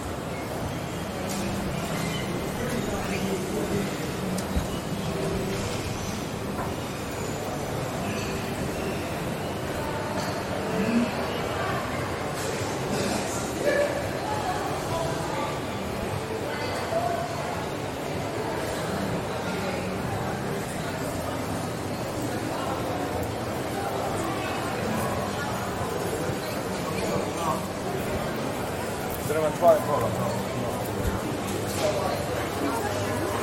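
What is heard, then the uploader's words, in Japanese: A walk along George Street from Circular Quay toward Town Hall, with pedestrians' voices murmuring steadily throughout over a low, constant traffic and tram rumble. The level stays even, broken by occasional short clanks and taps, with a sharper knock near thirty seconds. George Street を Circular Quay から Townhall まで歩く。ビジネスマンが忙しく行き交うビジネス街を歩きながらいろんな音を楽しみます。TRAMの音 歩く人たちの声 歩行者用信号の音 工事の音。ステレオ音声。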